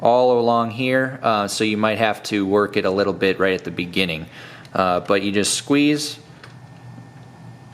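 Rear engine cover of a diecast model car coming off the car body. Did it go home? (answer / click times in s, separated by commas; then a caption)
released / 6.4 s. Someone talks while squeezing the sides of the tight snap-fit rear engine cover on a 1:18 Maisto Mercedes-Benz CLK-GTR (Street) diecast model car. A short, quiet tick sounds at 6.4 s as the cover unsnaps and comes off the car body.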